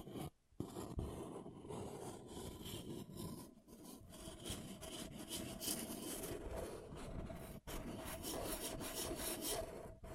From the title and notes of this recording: ASMR Brain Melting Object Scratching (No Talking).